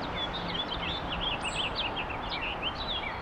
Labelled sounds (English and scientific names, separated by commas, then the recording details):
House Finch (Haemorhous mexicanus) song
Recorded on Long Island, New York, on 8 April 2011
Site BN
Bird C